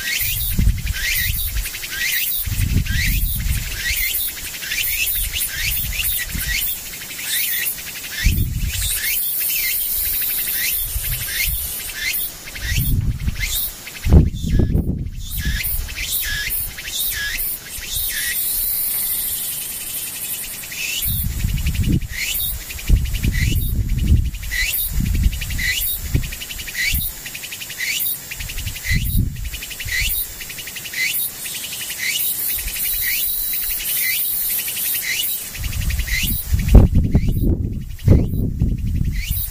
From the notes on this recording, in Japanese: ムシ